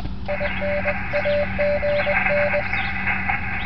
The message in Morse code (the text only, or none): I NAG N